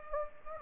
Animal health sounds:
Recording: mosquito wingbeat signal from an infrared sensor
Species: Anopheles gambiae

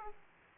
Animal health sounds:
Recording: mosquito wingbeat signal from an infrared sensor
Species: Aedes aegypti

